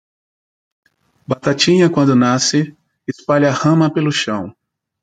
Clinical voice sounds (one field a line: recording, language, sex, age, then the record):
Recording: short text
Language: Brazilian Portuguese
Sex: male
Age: 40 to 49 years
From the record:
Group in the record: control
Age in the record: 42 years